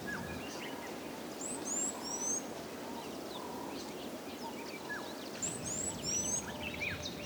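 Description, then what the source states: Birds calling in two bursts of very high, thin whistled slurs, with scattered fainter chirps between them over steady background noise. Birds in calm African bush.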